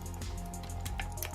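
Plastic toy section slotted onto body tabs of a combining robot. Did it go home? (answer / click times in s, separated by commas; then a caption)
no / none. A fold-down plastic piece with a hole on the Saber-toothed Tiger figure of a Soul of Chogokin GX-72 Megazord (Daizyujin) combining robot is handled as it is lined up to slot onto the body tabs. Soft plastic taps and rubbing are heard at about 0.1, 0.9, 1.0 and 1.2 seconds over a steady low hum. Nothing has seated or locked in yet.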